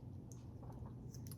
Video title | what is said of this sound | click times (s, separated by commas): Takadox Lego bionicle #8916 | Oh, so that's actually done. That's a very satisfying click. | 1.3 s